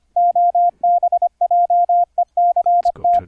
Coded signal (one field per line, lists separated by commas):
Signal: Morse code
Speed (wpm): 25 wpm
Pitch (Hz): 700 Hz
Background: none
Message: OBJECT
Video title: Morse Code QSO over the internet - software setup - config 12 - KXstudio(pt 1)